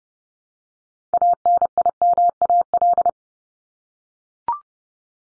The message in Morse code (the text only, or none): ANIMAL